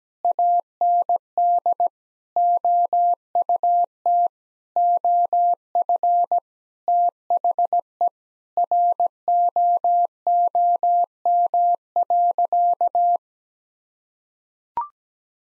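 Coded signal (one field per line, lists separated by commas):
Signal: Morse code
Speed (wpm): 17 wpm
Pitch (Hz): 700 Hz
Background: none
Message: AND OUT OF THE ROOM.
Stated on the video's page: Morse code practice sentences of common five-word phrases at 17 wpm for head-copy, each sent twice with first words spoken.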